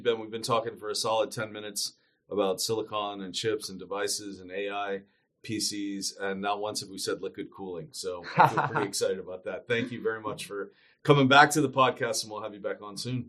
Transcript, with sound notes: We’ve been talking for a solid 10 minutes about silicon and chips and devices and AI, PCs, and not once have we said liquid cooling. *laughs* So, we’re pretty excited about that. Thank you very much for coming back to the podcast, and we’ll have you back on soon.